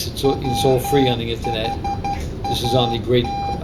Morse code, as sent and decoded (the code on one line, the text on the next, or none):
.-- .... .- -
WHAT